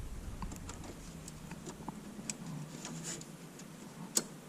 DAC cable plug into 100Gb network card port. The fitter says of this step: right you want to make sure that you push it all the way in and you hear an audible click and that's the latching mechanism engaging